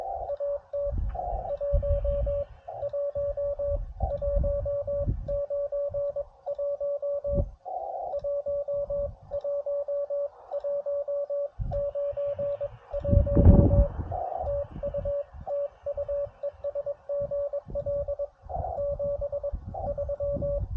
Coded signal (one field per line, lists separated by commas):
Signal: Morse code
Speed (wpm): 21 wpm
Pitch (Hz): 570 Hz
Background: radio noise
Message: AT 11191 11191 TU TU ES GL 73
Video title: Back where it all started | CW POTA US-11191